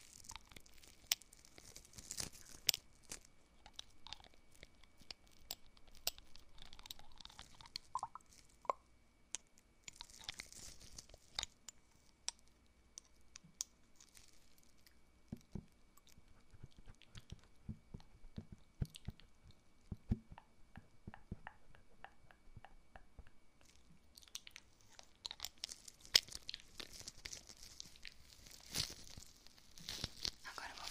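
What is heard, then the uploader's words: Ear cleaning: soft crackles, pops and scratchy rustles. Brighter swishing sweeps come near the start, around ten seconds and again through the last six seconds, while the middle stretch is a run of sharp, separate clicks. ASMR 3DIO: LIMPEZA DE OUVIDO EAR CLEANING.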